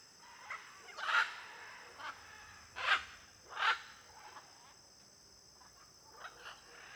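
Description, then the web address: Blue-and-yellow macaws giving harsh, raspy squawks, a few loud ones in quick succession then softer scattered calls, over a steady high ringing of crickets. Flock of macaws in an area with many palm trees, with crickets audible. "Conjunto de Araras em Area de Muitas Palmeiras e ruidos de grilo. arara caninde"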